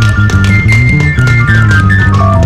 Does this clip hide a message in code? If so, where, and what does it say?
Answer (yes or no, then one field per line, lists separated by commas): no